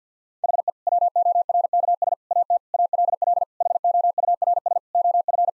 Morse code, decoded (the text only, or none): HE WORKS AT ALL HOURS OF